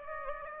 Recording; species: mosquito wingbeat signal from an infrared sensor; Aedes aegypti